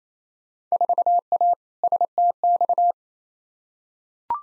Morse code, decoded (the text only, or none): 4A STX